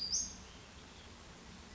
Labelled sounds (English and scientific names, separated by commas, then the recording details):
Western Flycatcher (Empidonax difficilis)
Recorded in Sonoma County, California